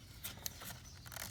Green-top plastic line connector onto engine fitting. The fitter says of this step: Get it up to about the right spot and then push on it and it should just click into place.